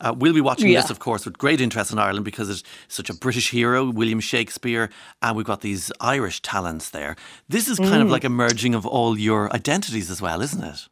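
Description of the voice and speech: A man speaks fluently at an ordinary pace with natural pitch variation and brief pauses; normal speech.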